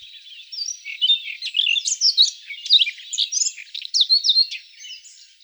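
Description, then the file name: Siberian rubythroat song, a continuous varied warble of high chirps, trills and sharp whistled notes running throughout without pause. "solovey krasnosheyka golos"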